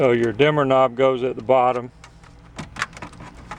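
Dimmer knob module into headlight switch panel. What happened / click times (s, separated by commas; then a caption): The knob module is being handled and has not snapped in yet / none. Someone talks while handling the plastic dimmer knob module for the headlight switch panel of a 2006 GM Envoy, Trailblazer, Isuzu Ascender or Buick Rainier, fitting it at the bottom of the panel. After the talking, there are faint handling taps, including a brief sharp sound near 2.8 s. Nothing has seated or clicked yet.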